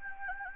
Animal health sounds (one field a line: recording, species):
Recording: mosquito wingbeat signal from an infrared sensor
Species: Anopheles gambiae